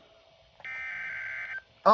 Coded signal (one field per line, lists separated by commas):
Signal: Emergency Alert System (SAME) tones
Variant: header bursts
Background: speech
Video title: EAS High Wind Warning! Forgot To Post!